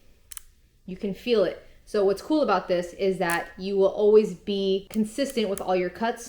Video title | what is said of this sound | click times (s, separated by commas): Taper Vs Fade Blade - Why I LOVE Graphite Blades (TOOL TALK) | and it all clicks into place just like this. | 0.3 s, 0.4 s